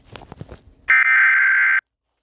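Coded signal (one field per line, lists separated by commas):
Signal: Emergency Alert System (SAME) tones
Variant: header bursts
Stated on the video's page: 911 telephone outage emergency SAME alert for South Carolina.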